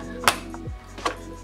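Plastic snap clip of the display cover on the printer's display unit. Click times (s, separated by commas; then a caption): 0.3 s. A screwdriver pries the plastic display housing of a Voxelab Aquila 3D printer open from the left side, and its plastic snap clip releases with a sharp click at 0.3 s. A quieter click follows at about 1.1 s over a steady low hum. The display cover clip pops open.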